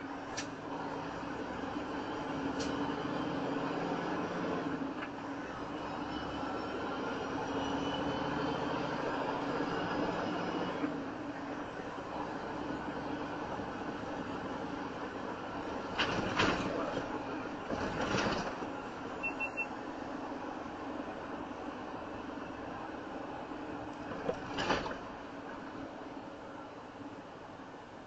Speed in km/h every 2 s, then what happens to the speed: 24, 31, 34, 39, 44, 44, 45, 48, 50, 48, 48, 47, 42, 35.
0-14 speeds up to 48. 14-21 steady at about 48. 21-28 slows to 35.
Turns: none.